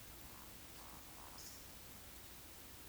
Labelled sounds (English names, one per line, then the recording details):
Eurasian Woodcock whistle
Eurasian Woodcock croak
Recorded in Baden-Württemberg, Germany, on 16 June 2021 at 20:04 UTC
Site 20675, 466 m above sea level